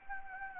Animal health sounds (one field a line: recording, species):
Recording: mosquito wingbeat signal from an infrared sensor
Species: Anopheles gambiae